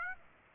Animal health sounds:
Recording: mosquito wingbeat signal from an infrared sensor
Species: Aedes aegypti

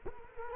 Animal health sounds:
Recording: mosquito wingbeat signal from an infrared sensor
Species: Culex quinquefasciatus

